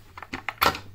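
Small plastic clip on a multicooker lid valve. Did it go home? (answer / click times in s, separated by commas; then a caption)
released / 0.5 s, 0.6 s. A small plastic clip is unclipped from the other side of the valve assembly on a Cookeo multicooker lid so it can be cleaned; the part is held in place only by clipping. Several short, light plastic clicks are heard, with the clip releasing at 0.5 s and 0.6 s.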